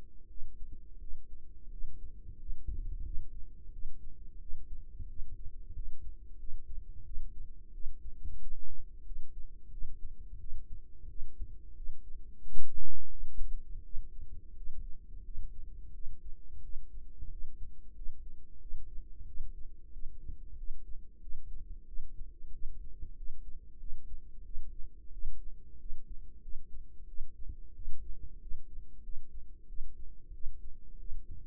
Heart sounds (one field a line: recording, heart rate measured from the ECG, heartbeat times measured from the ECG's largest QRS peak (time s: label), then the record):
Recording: heart sounds by microphone in the right ear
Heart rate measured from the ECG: 90 bpm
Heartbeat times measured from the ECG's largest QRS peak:
0.28 s: heartbeat
0.99 s: heartbeat
1.70 s: heartbeat
2.38 s: heartbeat
3.03 s: heartbeat
3.71 s: heartbeat
4.39 s: heartbeat
5.07 s: heartbeat
5.74 s: heartbeat
6.38 s: heartbeat
7.04 s: heartbeat
7.72 s: heartbeat
8.40 s: heartbeat
9.04 s: heartbeat
9.71 s: heartbeat
10.39 s: heartbeat
11.08 s: heartbeat
11.75 s: heartbeat
12.41 s: heartbeat
13.10 s: heartbeat
13.83 s: heartbeat
14.55 s: heartbeat
15.23 s: heartbeat
15.93 s: heartbeat
16.62 s: heartbeat
17.30 s: heartbeat
17.94 s: heartbeat
18.59 s: heartbeat
19.25 s: heartbeat
19.91 s: heartbeat
20.56 s: heartbeat
21.20 s: heartbeat
21.86 s: heartbeat
22.51 s: heartbeat
23.15 s: heartbeat
23.78 s: heartbeat
24.44 s: heartbeat
25.11 s: heartbeat
25.78 s: heartbeat
26.41 s: heartbeat
27.06 s: heartbeat
27.74 s: heartbeat
28.40 s: heartbeat
29.02 s: heartbeat
29.67 s: heartbeat
30.32 s: heartbeat
30.98 s: heartbeat
From the record:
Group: healthy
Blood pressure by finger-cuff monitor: 103/60 mmHg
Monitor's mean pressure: 73 mmHg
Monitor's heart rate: 88 bpm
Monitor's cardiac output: 7.7 L/min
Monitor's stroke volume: 86 mL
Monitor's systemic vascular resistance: 680 dyn s/cm5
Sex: female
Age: 22 years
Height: 157 cm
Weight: 47.6 kg